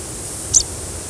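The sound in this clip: Sprague's pipit giving a brief, very high, thin squeaky note over a soft steady hiss.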